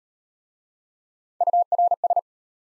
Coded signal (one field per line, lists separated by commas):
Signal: Morse code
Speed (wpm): 32 wpm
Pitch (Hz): 700 Hz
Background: none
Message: URS